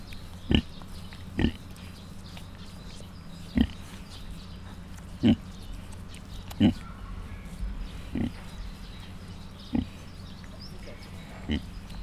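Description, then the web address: Mangalica piglets grunting: short, low, husky grunts at irregular gaps, several in all, over a steady low hum. Five cat-sized suckling Mangalica piglets, kept in a zoo in Miskolc, recorded in 2018. "mangalica otmacskanagysaguszoposmalac"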